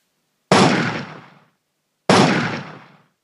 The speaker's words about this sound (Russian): Спустя секунд 5 раздались 2 выстрела.